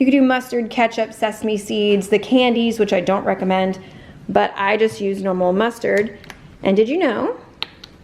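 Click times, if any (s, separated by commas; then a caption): 7.6 s. A plastic lid is snapped shut onto a mustard condiment bottle while someone talks. A sharp, short click at 7.6 seconds marks the lid clicking into place so it stays put.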